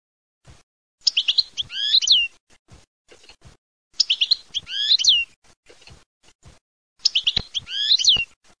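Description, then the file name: European goldfinch song: a bright, tinkling phrase of quick twittered notes, repeated about every three seconds, with scattered soft clicks and knocks in between. "CARDELLINI"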